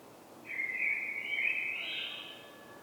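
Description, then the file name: Common blackbird delivering one soft, mellow whistled phrase with a slightly rising ending against a quiet hissy background. "Turdus merula"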